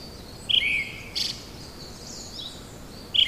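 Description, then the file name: Brown-headed thrush, one short phrase of a clear note dropping into a lower warble, followed by a high note, and another phrase just starting. "akahara"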